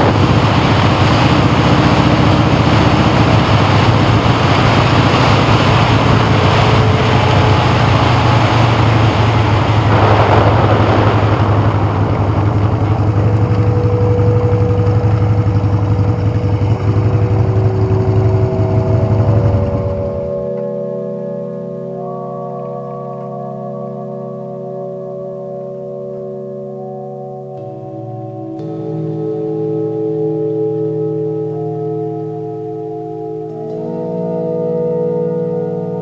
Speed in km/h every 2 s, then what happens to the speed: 42, 39, 44, 40, 32, 24, 13, 5, 6, 2, 10, 3, 0, 5, 2, 8, 5, 2.
0-6 steady at about 40. 6-13 brakes to 5. 13-23 steady at about 5. 23-25 standing. 25-36 steady at about 5.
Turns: none.